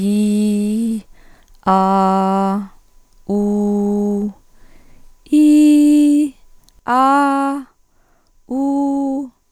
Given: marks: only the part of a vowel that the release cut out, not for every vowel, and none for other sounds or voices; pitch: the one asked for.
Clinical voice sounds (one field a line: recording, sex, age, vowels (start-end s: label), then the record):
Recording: sustained vowels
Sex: female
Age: 40 to 49 years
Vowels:
0.00-0.87 s: vowel /i/, normal pitch
1.70-2.53 s: vowel /a/, normal pitch
3.32-4.19 s: vowel /u/, normal pitch
5.37-6.23 s: vowel /i/, high pitch
6.91-7.50 s: vowel /a/, high pitch
8.53-9.18 s: vowel /u/, high pitch
From the record:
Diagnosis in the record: cluttering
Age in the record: 46 years